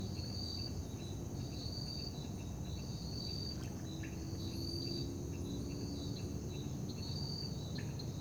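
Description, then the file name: Cricket chorus at night: regular bursts of high chirps above a constant thin tone, with faint ticks and low continuous traffic noise. Night ambience in Parque da Liberdade with crickets and distant traffic. "Ambiencia parque da liberdade a noite com grilos, morcegos, som de gota dagua e transito longe"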